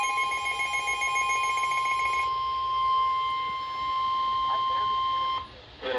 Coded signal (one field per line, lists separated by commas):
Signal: Emergency Alert System (SAME) tones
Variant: 1050 Hz attention tone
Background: speech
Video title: MINI MARINE MADNESS II - EAS Alerts from 7/22 - 7/25/22 (EAS #455 - 471)